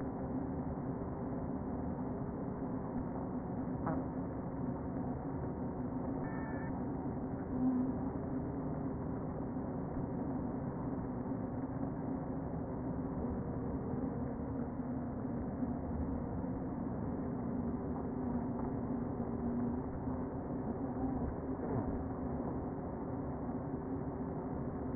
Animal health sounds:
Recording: honeybee colony, microphone inside the hive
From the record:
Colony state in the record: queen present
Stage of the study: before two queens were removed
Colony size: about 60,000 bees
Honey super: yes

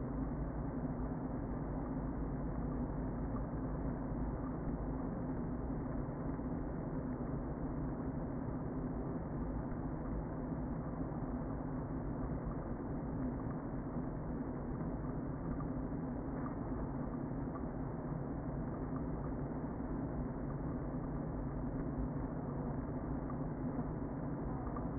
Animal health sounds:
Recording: honeybee colony, microphone inside the hive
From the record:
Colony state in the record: queen present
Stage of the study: before two queens were removed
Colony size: about 60,000 bees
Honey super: yes

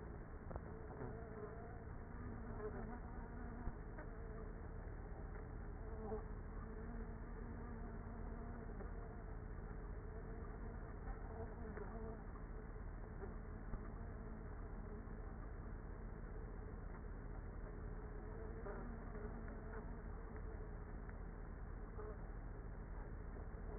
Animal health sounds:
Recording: honeybee colony, microphone inside the hive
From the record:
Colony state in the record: queenless with a low population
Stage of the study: after two queens were removed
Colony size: about 30,000 bees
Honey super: no

